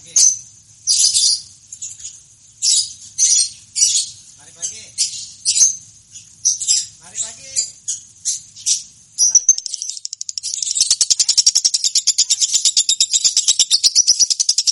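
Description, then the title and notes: Lovebird calls starting as separate sharp bursts, then merging into a fast continuous high chatter. Champion (juara) lovebird singing (kicau). "Love Brid Juara. Kicau Lovebird"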